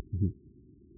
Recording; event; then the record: neck accelerometer signal played as sound; no cough (speech, laughter, throat clearing or background)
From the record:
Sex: male